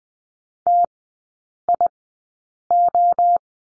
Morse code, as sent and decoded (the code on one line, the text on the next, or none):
- .. ---
TIO